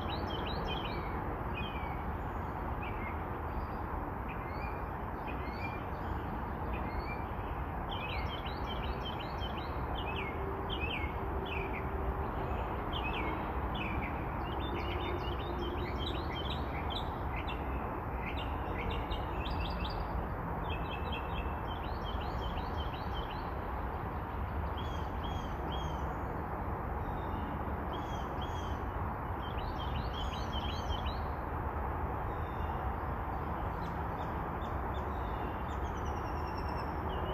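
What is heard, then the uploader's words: Morning birds chirp and trill in quick, overlapping bursts throughout, above a steady, dense low rumble that never lets up. Morning Birds of Spring. Sunrise Bird Calls.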